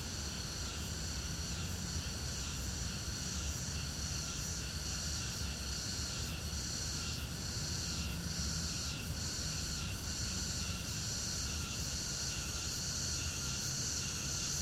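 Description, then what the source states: Crickets giving an unbroken shrill chorus of high trilling tones with soft regular pulsing, over a low steady hum. Crickets at the Old Summer Palace in summer.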